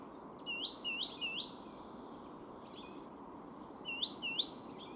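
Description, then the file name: Great tit calls: clear upslurred whistled notes, first a group of three, then a pause, then two more, over a soft steady hiss. "Parus major"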